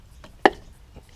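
An ignition coil pack in the spark plug well is twisted and wiggled round and round until it suddenly pops free of the spark plug boot. A single sharp pop is heard at 0.5 s, and the coil is released from the plug well.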